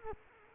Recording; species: mosquito wingbeat signal from an infrared sensor; Culex quinquefasciatus